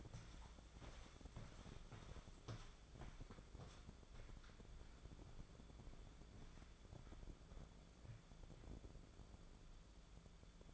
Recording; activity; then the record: daily activity, microphone in the room; walk to room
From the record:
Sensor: 5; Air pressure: 1010.5 hPa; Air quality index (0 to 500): 110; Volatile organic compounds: 2 ppm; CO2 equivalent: 1082 ppm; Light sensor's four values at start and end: 605/1482/632/751 and 496/1292/531/617